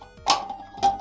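The microswitch assembly of a large plastic dome arcade button is placed into the button housing and pops back into place with a sharp, bright click at 0.3 s, seating it. A second, slightly softer click follows at about 0.85 s.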